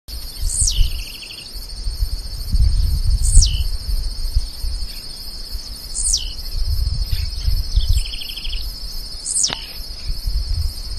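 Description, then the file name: Blue-black grassquit calls: a sharp downward-sweeping note ending in a short buzzy trill, repeated about every three seconds, over a steady high insect whine and low rumbling noise. Entre Ríos, Argentina, 29 November 2015. "Volatinia-jacarina--- 2015-11-29-Entre-Rios---Jorge-La-Grotteria"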